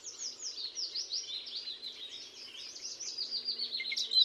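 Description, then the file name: Eurasian blackcap warbling steadily, a rapid stream of high, slurred and chattering notes with no real pauses, fairly clear against a quiet background. "Sylvia atricapilla"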